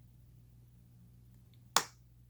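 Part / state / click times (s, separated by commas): headlight bulb into vacuum headlight socket / seated / 1.8 s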